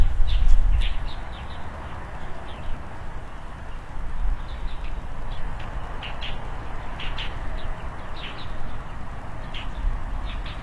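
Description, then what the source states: Birds giving thin, sharp chirps at irregular intervals against a steady low background rumble. Birds frolicking on branches in front of a rural country house, early morning, heard through an opened window; calm, peaceful scene.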